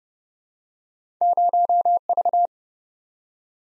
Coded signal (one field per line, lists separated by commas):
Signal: Morse code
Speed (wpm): 31 wpm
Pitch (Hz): 700 Hz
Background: none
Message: 0V